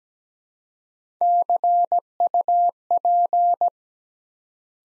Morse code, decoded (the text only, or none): CUP